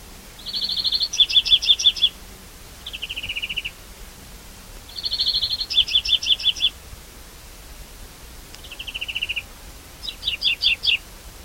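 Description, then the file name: European greenfinch repeating a pattern of a flat trill, jingling notes and a lower descending trill, heard twice with short pauses. "Chloris chloris"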